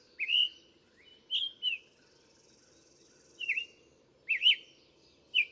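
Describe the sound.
Bird song of clear whistled phrases, some rising, some dipping, with low background hum between them.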